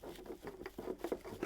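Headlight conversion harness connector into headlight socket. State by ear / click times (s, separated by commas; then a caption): not seated / none. A stiff, brand-new plastic connector on a headlight conversion harness, going from Ram OEM quad to projector headlights, is pushed against the headlight socket on a first attempt, producing a quiet patter of short scraping taps and knocks near 0.5, 0.7, 1.0, 1.1 and 1.5 seconds. The connector fails to seat and the attempt is restarted; nothing has seated or clicked yet.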